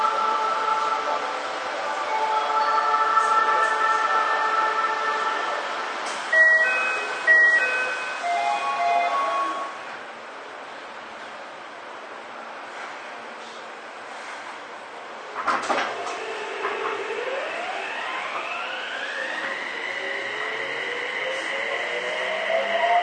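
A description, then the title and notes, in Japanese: Inside a subway train, steady motor whine and rumble, sharp knocks near six and fifteen seconds, then a rising whine as it accelerates. 都営6300形 西高島平ー神保町。車体は軽量ステンレス製車体であり、JR東日本の209系車両向けに開発された2シート貼り合わせ工法を採用している。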